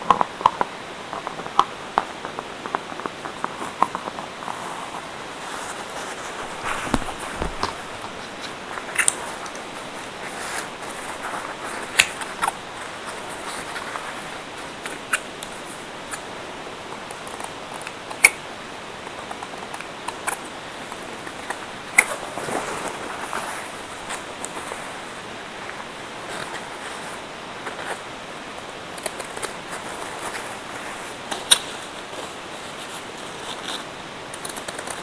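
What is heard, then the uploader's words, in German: Paper napkins are folded and shaped into roses by hand, close up in a small quiet room. Soft rustling, crinkling and light tapping continue almost without pause, in quick irregular bursts, with a brief lull around seven seconds and a few sharper crackles later. ASMR Serviettenrosen Basteln No Talking. Wie ich Serviettenrosen für ein Geburtstagsschild bastel. In dieser Aufnahme wird nicht gesprochen.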